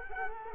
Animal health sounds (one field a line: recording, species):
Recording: mosquito wingbeat signal from an infrared sensor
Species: Culex quinquefasciatus